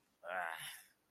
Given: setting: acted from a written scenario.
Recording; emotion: vocal sound without words; negative surprise